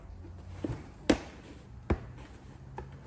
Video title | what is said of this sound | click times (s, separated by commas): Honda CRV 2007-2010 3rd Gen Factory Fog Light INSTALL! | right in there see perfect see it just clicks right in | 1.1 s